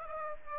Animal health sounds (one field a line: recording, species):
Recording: mosquito wingbeat signal from an infrared sensor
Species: Aedes aegypti